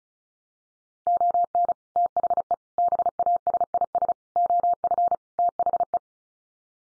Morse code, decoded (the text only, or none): ON THE BASIS OF THE